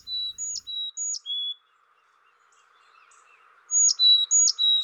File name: dan gibsons solitudes carolina chickadee